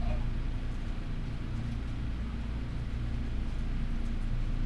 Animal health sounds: poultry house recording; healthy chickens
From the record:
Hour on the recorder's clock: 12

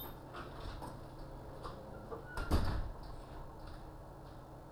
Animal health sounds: poultry house recording; sick chickens (respiratory disease)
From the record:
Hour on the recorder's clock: 9

